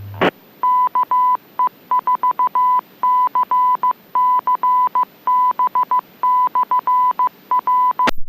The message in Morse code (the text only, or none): KE4CCB/R